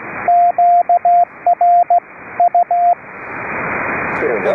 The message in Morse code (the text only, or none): QRU